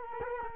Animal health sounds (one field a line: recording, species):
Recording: mosquito wingbeat signal from an infrared sensor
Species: Culex quinquefasciatus